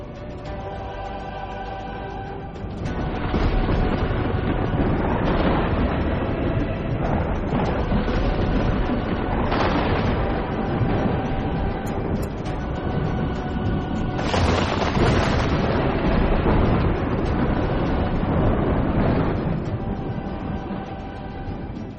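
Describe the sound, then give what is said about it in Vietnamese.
A loud, sustained roar of storm wind with deep rumbling thunder surging in waves, swelling sharply after a quieter opening and staying dense and turbulent throughout, with no voices. “Gió bão nổi lên đùng đùng.”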